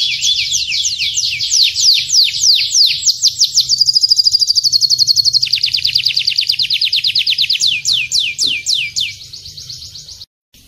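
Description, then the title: Atlantic canary song, long fast rolling trills that change speed and pitch, ending with slower looping notes before cutting off; low rumble beneath. Canary song in the "kalitan" style, "gaya gela gelo" variant, labelled by the source as wrong ("salah"). "KENARI KALITAN GAYA GELA GELO"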